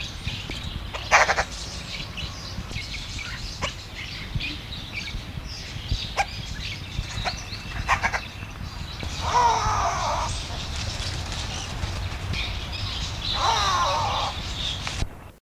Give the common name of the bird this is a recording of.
Livingstone's Turaco